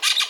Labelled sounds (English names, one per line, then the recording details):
Brown-throated Parakeet contact call
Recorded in Venezuela
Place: Guárico; Corozopando; Fundo La Fe
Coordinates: 8.506, -67.593